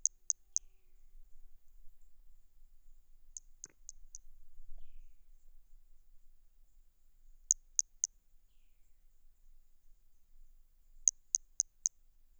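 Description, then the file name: Brachycephalus hermogenesi toadlet producing repeated series of three to four high-pitched, evenly spaced clicking notes, with long pauses between series. Individual 03 recorded at Boraceia on 30 March 2019. "MHNCI Brachy hermogenesi ind 03 Boraceia 30 marco 2019 MRB"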